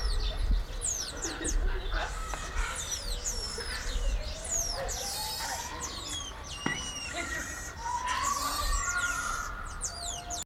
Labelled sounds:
Cottontop Tamarin
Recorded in captivity
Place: Zoo Magdeburg, Sachsen-Anhalt, DE
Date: 1995-04-05
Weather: heiter, 8 °C
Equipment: Marantz CP 430, Sennheiser ME 80, Kopie Uher Variocord 263
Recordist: Tembrock, Günter

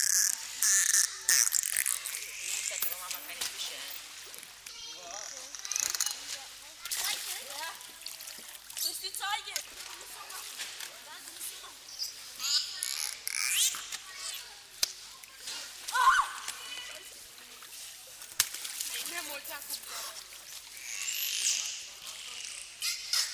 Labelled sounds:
Bottlenose Dolphin call
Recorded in captivity
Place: Tiergarten Nürnberg, Bayern, DE
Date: 1998-11-13 11:45
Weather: overcast, ca. 2 to 3°C
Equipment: Sony MD-WM MZ-R3, Sennheiser MKH 416 T, Kopie Uher 4000 Report Monitor
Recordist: Tembrock, Günter

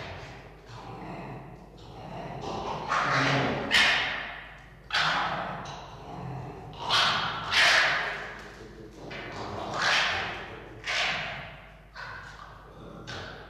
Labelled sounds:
Red Fox
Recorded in captivity
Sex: pair
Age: adult
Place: Zoologisches Institut der HUB, Berlin, DE
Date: 1953-02-12 17:45
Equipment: Elmetra
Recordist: Tembrock, Günter

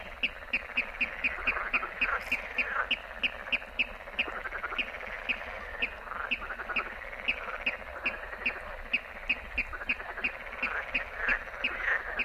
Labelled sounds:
Water Rail
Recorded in the wild
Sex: male
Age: adult
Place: Warsow, Kummerower See, Mecklenburg-Vorpommern, DE
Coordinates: 53.8375, 12.8506
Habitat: wetland
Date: 2009-06-15 23:33
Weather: heiter, schwacher Wind aus West, ca. 15 °C
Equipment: Sound Devices 702, Sennheiser MKH 70, Popschutz
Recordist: Frommolt, Karl-Heinz
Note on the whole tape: Polder Große Rosin bei Warsow: "Tickern" einer Wasserralle. Entfernung ca. 20 m. Zuvor waren hohe Rufe (nicht aufgenommen) zu hören - wahrscheinlich Jungvögel

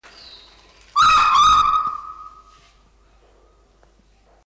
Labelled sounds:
Violet Turaco call
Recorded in captivity
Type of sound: call
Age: adult
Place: Zoo Berlin, Berlin, DE
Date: 1997-11-22 12:02
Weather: bedeckt, ca.1°C
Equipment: Nagra SN, Kopie Uher 4000 Report Monitor
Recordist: Tembrock, Günter
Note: (Schildturako ?): ein Ruf, Tier nicht gesehen

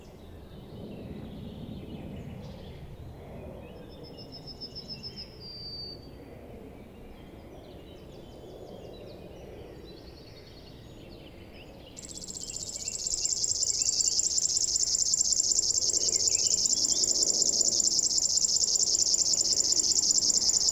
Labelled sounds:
River Warbler song
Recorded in the wild
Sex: male
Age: adult
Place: Zepernick, Naturpark Barnim, Brandenburg, DE
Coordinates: 52.6568, 13.5086
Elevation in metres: 62
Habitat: willows
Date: 2014-06-01 07:29
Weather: sunny, 10°C, almost windless
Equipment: Sound Devices 702, Sennheiser MKH 70, Rycote Windschutz
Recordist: Frommolt, Karl-Heinz

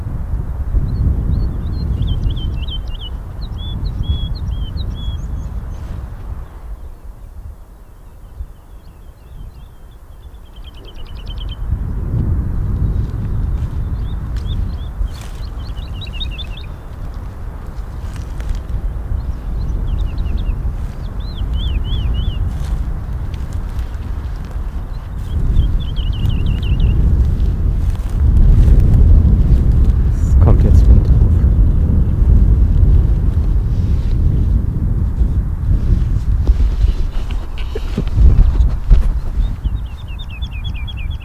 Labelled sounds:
Wood Lark
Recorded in the wild
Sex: male
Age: adult
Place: Schönow, Naturpark Barnim, Brandenburg, DE
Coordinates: 52.6847, 13.5225
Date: 2005-03-21 10:07
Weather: fair, 2 - 3°C, slightly windy
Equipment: Tascam DA-P1, Sennheiser MKH 70, Windschutz
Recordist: Frommolt, Karl-Heinz

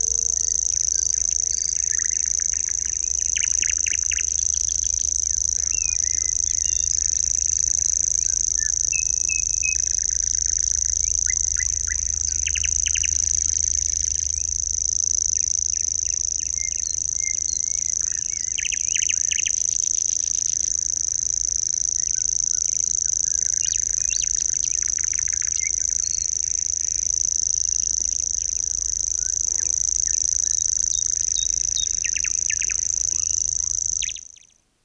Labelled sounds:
Common Grasshopper Warbler song
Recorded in the wild
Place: Wostevitz, Insel Rügen, Mecklenburg-Vorpommern, DE
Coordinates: 54.498, 13.567
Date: 1971-05-31
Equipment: Nagra III BH, Sennheiser MD 21, parabola
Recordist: Schubert, Michael
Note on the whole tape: Gesang Feldschwirl

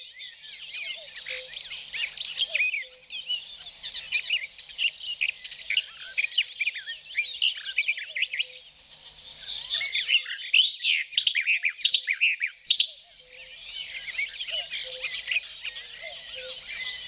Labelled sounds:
Barred Warbler song
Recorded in the wild
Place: Flögelner See, Baden-Württemberg, DE
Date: 1985-05-24
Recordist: Schwarz, Dieter
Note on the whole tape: Song

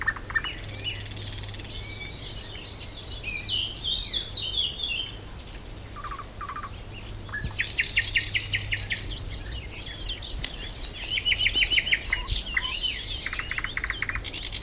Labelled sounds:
Eurasian Blackcap song
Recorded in the wild
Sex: male
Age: adult
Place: Blankenfelde, Berlin, DE
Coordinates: 52.62, 13.37
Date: 1999-05-02 12:02
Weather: fair, 11 - 15°C
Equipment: Nagra SN, Kopie Uher 4000 Report Monitor
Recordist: Tembrock, Günter

